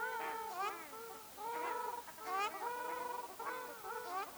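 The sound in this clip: Ruddy shelduck honking, drawn-out nasal notes given in clusters.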